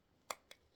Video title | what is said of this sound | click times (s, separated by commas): Unboxing GoPro 11- gopro hero 11 - gopro hero 11 black | तो ये क्लिक हो जाएगी और इससे ओपन हो जाएगी। | 0.3 s